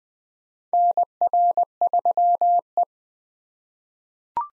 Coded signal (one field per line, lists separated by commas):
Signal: Morse code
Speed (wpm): 20 wpm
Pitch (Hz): 700 Hz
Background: none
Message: NR3E